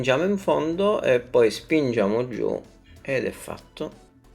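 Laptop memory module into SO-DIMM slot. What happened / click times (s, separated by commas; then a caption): Handled, not yet home: memory module pressed toward its latches, no seating click / none. Someone talks throughout while a laptop RAM memory module is handled at its SO-DIMM slot in an Acer Extensa 15 (EX215-21, EX215-21G, EX215-31) during a RAM upgrade, being pushed into the slot and pressed down toward the side latches. Only a faint, brief sound is heard near the end at about 4.2 s. Nothing has seated or clicked yet.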